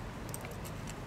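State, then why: Not seated. A mechanic lines up an anti-rotation cap by the magnet position on the transmission solenoid valve of an R35 GT-R, ready to push it on. Only faint handling ticks are heard at about 0.3, 0.5 and 0.9 seconds over a steady low background hum. Nothing has seated or clicked yet.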